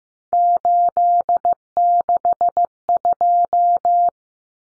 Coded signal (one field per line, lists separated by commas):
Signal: Morse code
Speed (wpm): 15 wpm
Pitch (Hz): 700 Hz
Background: none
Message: 862